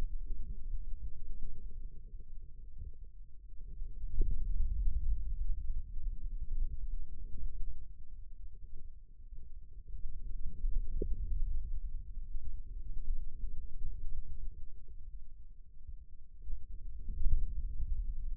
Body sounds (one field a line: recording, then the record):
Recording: forearm muscle sounds (acoustic myography)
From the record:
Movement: radial deviation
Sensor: system 2, bracelet of six BSWA MPA416 microphones around the upper forearm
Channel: 2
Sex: male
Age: 22 years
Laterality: right